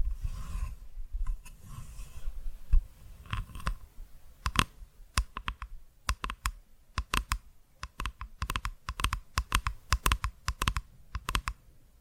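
Quick, crisp taps sound in irregular bursts, sometimes single, sometimes in fast clusters of two or three, like fingertips or nails tapping. The first few seconds are sparse with a soft low rumble underneath, then the taps grow sharper and more frequent, clicking like typing on a keyboard.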